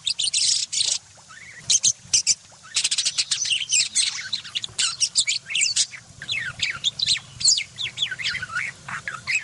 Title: Burung Parkit Gacor Jernih Isian Tembakan Kasar Cocok Buat Kacer